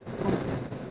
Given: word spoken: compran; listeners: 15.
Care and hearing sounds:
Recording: one Spanish word in noise, from a listening test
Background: noise modulated by three-talker babble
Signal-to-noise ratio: -3.7 dB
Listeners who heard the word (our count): 1 of 15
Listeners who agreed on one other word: 10 of 15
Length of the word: 0.51 s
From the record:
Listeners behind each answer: 10, 1, 1, 1, 1, 1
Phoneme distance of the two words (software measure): 7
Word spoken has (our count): 2 syllables, 7 phonemes, stress on syllable 1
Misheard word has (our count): 2 syllables, 6 phonemes, stress on syllable 1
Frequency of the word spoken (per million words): 5.44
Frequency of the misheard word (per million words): 50.72

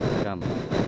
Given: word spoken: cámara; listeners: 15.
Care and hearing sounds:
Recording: one Spanish word in noise, from a listening test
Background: noise modulated by three-talker babble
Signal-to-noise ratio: -4.8 dB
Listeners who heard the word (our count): 1 of 15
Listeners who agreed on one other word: 9 of 15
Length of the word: 0.47 s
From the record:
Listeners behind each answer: 9, 2, 1, 1, 1, 1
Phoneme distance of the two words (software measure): 14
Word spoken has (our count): 3 syllables, 6 phonemes, stress on syllable 1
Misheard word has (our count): 2 syllables, 4 phonemes, stress on syllable 1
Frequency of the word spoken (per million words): 108.30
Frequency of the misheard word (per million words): 100.47

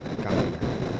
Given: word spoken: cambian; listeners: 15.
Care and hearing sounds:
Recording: one Spanish word in noise, from a listening test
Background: noise modulated by three-talker babble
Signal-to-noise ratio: -7.6 dB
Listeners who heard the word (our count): 1 of 15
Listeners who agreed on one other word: 8 of 15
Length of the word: 0.60 s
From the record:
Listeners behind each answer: 8, 2, 2, 1, 1, 1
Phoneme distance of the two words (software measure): 7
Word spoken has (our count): 2 syllables, 7 phonemes, stress on syllable 1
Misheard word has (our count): 2 syllables, 6 phonemes, stress on syllable 1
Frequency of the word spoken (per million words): 11.29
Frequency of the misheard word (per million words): 27.08

